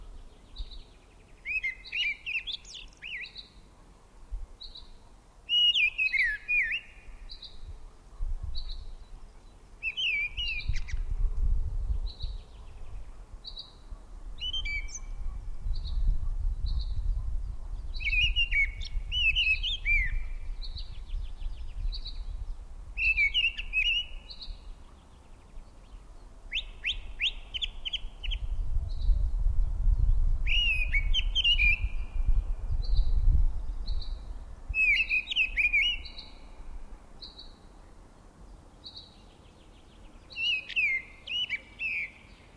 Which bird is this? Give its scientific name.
Turdus viscivorus